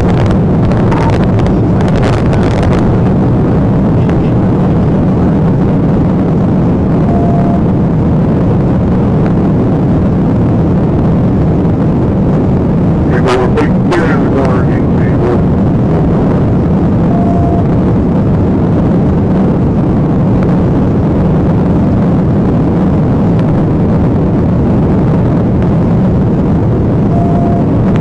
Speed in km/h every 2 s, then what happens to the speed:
204, 209, 209, 209, 209, 209, 209, 209, 209, 209, 209, 209, 204, 193.
0-22 steady at about 209. 22-28 slows to 193.